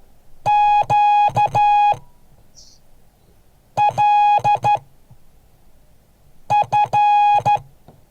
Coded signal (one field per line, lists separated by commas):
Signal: Morse code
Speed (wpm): 12 wpm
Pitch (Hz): 830 Hz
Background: none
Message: QLF